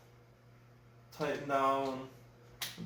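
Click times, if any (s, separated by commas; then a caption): 2.6 s. A torque wrench set to 10 Nm tightens a bolt on an SR Suntour SR2015 mountain bike suspension fork while someone talks. A short, sharp click comes at 2.6 s, showing the bolt is torqued to spec at 10 Nm.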